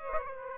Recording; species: mosquito wingbeat signal from an infrared sensor; Aedes aegypti